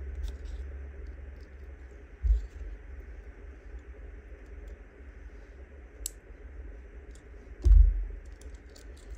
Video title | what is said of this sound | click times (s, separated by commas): Create these Book Page Paper Clip Dangles | you would have heard the click on that one | 6.1 s